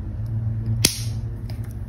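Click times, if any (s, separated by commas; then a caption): 0.9 s. A watch strap is fitted into the plastic slot of a Xiaomi Redmi Watch 2 Lite smartwatch body and pressed until it locks. A sharp, bright snap at 0.9 s shows the strap seating into the lock, followed by a much fainter tick around 1.5 s over a steady low hum.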